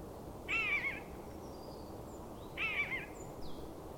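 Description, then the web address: Bird calls: two wavering, harmonic notes near the middle of the range, each about half a second long and roughly two seconds apart, over steady background hiss. "madarak enek"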